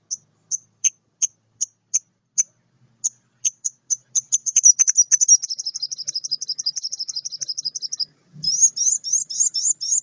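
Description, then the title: Oriental magpie-robin singing: evenly spaced high chips speeding up into a long rapid chattering trill, a brief pause, then another fast scratchy burst. Lively singing for bird training; described as a champion bird in full song. "Kacer Juara Gacor"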